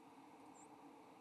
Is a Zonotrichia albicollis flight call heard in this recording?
no